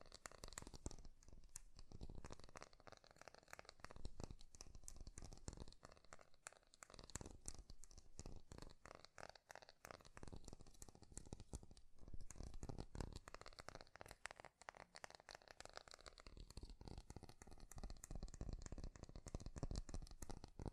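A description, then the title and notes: Fast, dense tapping on hard surfaces continues with no pause for the whole stretch, the sharp clicks landing crisp. Softer crinkly, scratchy textures blend between the taps, and a faint low rumble sits beneath. ASMR 3D Fast Tapping to Bring Back Your Tingles (No Talking).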